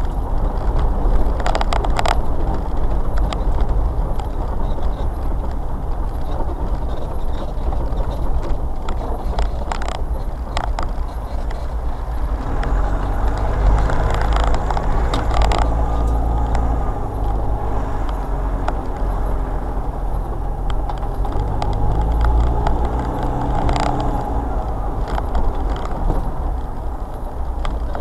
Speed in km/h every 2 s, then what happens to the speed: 23, 24, 23, 21, 18, 18, 18, 16, 18, 19, 16, 15, 21, 23.
0-28 steady at about 18.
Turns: 7-14.